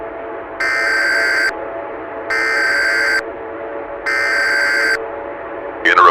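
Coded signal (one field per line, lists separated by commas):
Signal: Emergency Alert System (SAME) tones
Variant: header bursts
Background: speech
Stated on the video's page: Fictional EAS scenario, analog horror.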